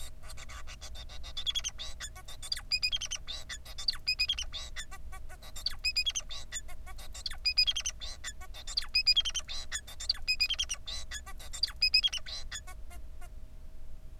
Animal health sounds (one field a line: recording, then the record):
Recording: song of a male Bengalese finch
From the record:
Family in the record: son of father 4